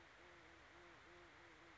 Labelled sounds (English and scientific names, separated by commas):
Band-tailed Pigeon (Patagioenas fasciata)